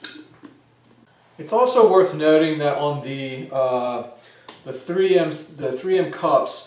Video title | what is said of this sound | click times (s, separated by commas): Fuji Semi-Pro 2 Cup Options | on top of that and it snaps in place | 0.1 s